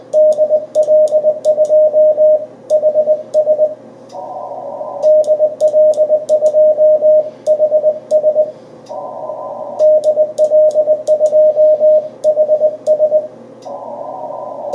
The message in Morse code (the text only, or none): DL2HS DL2HS DL2HS